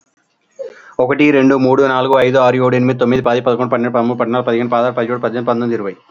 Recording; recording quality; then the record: counting at a fast pace; excellent, no background noise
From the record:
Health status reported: healthy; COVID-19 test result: not tested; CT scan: not taken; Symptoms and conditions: none ticked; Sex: male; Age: 39 years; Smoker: no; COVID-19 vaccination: none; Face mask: not worn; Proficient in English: yes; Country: India